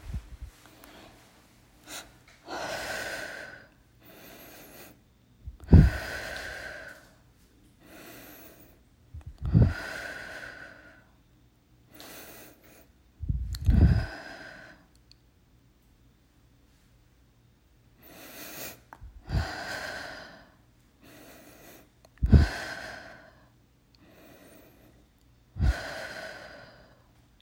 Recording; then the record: deep breathing after running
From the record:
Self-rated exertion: light exertion (2 of 6); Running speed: 6 miles an hour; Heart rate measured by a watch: 93 beats a minute at the start, 124 at the end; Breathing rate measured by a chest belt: 8 breaths a minute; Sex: female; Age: 28 years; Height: 155 cm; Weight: 44 kg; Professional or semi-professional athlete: no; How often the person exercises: 3 to 5 times a week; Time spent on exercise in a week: over 5 hours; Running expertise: yes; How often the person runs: 3 to 5 times a week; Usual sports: running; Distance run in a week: 45 km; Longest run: 32 km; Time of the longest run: 200 minutes